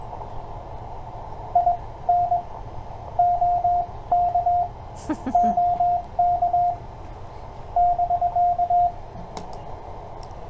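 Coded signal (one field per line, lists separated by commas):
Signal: Morse code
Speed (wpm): 21 wpm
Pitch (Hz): 690 Hz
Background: radio noise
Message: IN OK OK <BK>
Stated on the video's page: CW copy practice with paper and pencil.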